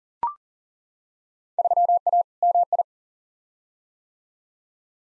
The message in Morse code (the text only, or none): 3A MI